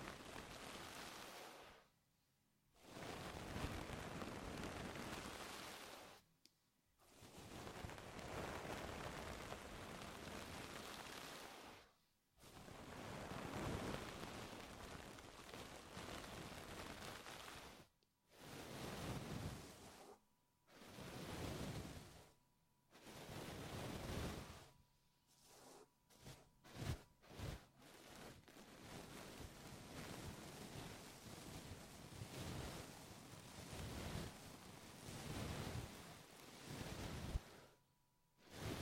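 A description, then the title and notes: A deep ear massage: thick, rushing rubbing sounds fill long stretches, full from low rumble to bright hiss, broken by brief silent pauses every few seconds. Around 26–28 seconds the strokes turn quick and choppy. A faint steady whine runs underneath. ASMR Sleep With Deep Ear Massage (No Talking).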